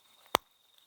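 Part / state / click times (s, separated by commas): master link in a bicycle chain / seated / 0.4 s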